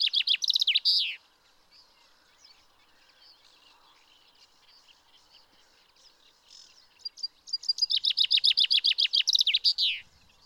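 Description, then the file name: Common chaffinch song: the tail of one trilled phrase, a quiet stretch with faint background birds, then a full trill of many notes ending in a flourish. "Fringilla coelebs"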